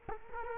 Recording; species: mosquito wingbeat signal from an infrared sensor; Culex quinquefasciatus